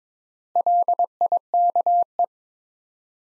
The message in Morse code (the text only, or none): LIKE